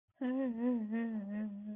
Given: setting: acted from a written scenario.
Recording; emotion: vocal sound without words; sadness